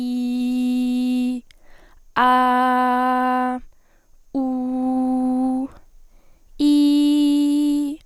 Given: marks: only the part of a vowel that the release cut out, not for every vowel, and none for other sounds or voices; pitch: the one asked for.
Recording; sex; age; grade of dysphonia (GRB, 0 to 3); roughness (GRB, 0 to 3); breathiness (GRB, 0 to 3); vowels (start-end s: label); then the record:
sustained vowels; female; 20 to 29 years; 0; 0; 0
0.00-1.27 s: vowel /i/, normal pitch
2.25-3.12 s: vowel /a/, normal pitch
4.60-5.55 s: vowel /u/, normal pitch
6.72-7.80 s: vowel /i/, high pitch
From the record:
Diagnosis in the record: healthy voice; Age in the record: 20 years